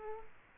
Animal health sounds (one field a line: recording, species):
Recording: mosquito wingbeat signal from an infrared sensor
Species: Culex quinquefasciatus